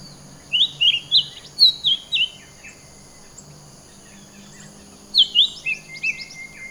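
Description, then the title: Bird chirping in rapid groups of sharp, downward-sweeping notes, a long gap, then another burst; a constant thin high tone runs underneath. "SuaraBurung Kicau"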